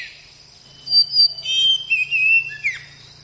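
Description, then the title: Oriental magpie-robin song: a few clear whistled notes and slurred phrases, with a steady low hum underneath. Champion bird. "Kicau Burung Kacer Juara. Suara Kacer"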